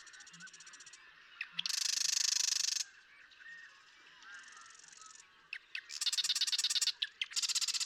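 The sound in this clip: Marsh Wren song: several rapid, buzzy rattling trills, some led by a few sharp clicks.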